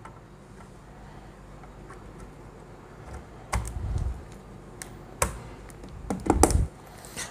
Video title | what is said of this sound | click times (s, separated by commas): INTEL CORE I5 BUILD IN 3 LACS IN PAKISTAN - BEST PC IN PAKISTAN | I hope so के आपको दो दफा click sound जो है वो योगी जिसका मतलब है की ये रैम जो है वो प्रॉपर्ली | 5.2 s, 6.4 s